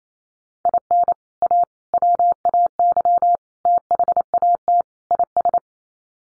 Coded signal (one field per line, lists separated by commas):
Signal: Morse code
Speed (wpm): 28 wpm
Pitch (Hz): 700 Hz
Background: none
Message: IN A WAY THAT IS